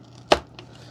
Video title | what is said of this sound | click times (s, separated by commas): FMS P-47 THUNDERBOLT UNBOX AND BUILD by FGFRC #aviation #rcplane #rc | hear it click into place | 0.3 s